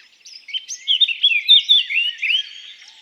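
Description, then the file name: Eurasian blackcap song phrase: a brief rapid warble building into loud, clear fluted whistles that slur up and down. "Sylvia atricapilla"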